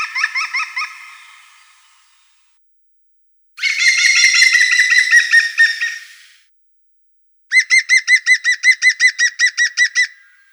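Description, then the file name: European green woodpecker giving three loud laughing series of rapid ringing notes. The first fades out, the second is harsher and denser, and the last is a clear even run. "Djatel zelenyj"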